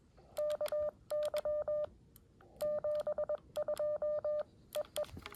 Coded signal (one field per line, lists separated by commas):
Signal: Morse code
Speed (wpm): 21 wpm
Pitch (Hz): 590 Hz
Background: none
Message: KY 72 EE